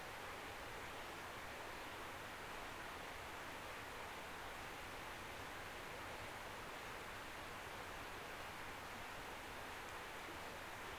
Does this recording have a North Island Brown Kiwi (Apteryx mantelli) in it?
no